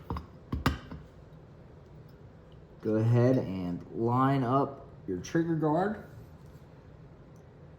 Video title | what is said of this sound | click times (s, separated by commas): Easiest Full Ar15 lower assembly | push it in until it snaps in | 0.7 s